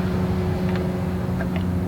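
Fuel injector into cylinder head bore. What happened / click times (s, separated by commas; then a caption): Fuel injector set in place and lined up, not yet pushed home / none. A 150hp fuel injector and its hold-down are dropped into place and lined up over the cylinder head bore of a 2000 Dodge Ram 2500 24v Cummins turbo diesel. Light contact taps at about 0.8, 1.4 and 1.6 s sound over a steady low hum. Nothing has seated or clicked yet; the injector has not been pushed home.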